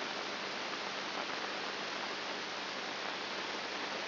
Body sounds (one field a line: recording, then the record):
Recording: brain microelectrode recording played as sound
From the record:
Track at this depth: inside the subthalamic nucleus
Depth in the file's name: 1.502 mm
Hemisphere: right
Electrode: 2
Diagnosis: Parkinson's disease